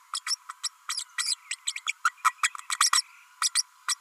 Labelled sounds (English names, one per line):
Green-rumped Parrotlet babbling